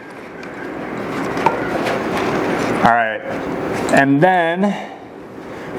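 A six-pin wiring harness connector is plugged into its socket on a fireplace control module and seats with a short, sharp click at 1.5 s over a steady background hiss. Later, someone talks briefly.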